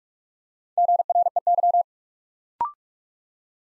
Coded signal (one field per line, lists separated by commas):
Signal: Morse code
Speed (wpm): 44 wpm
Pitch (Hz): 700 Hz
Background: none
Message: GREY